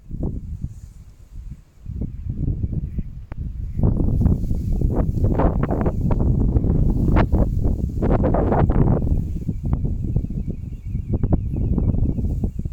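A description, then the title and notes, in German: Strong wind blows in winter by the Danube, roaring in low, uneven gusts that swell from about four seconds on and stay loud to the end. Sharp buffeting thumps and rustling crackles break through repeatedly, with a faint steady high tone in the background. Winter an der Donau in St. Andrä. Der Wind geht ziemlich stark. Das Wasser ist teilweise zugefroren.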